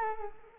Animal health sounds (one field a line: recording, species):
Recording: mosquito wingbeat signal from an infrared sensor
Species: Culex quinquefasciatus